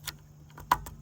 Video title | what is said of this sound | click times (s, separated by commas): Ravin LR Crossbow Review: Insane Speed & Power in the Deer Woods | Hear that click? That's an audible click you hear. | 0.7 s